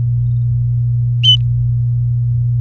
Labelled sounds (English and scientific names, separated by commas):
Domestic Canary (Serinus canaria) song